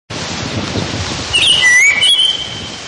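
Black-headed hawfinch calling after a stretch of noise: a loud whistled phrase with dipping and rising slurs and a long level note at the end.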